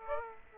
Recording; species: mosquito wingbeat signal from an infrared sensor; Aedes aegypti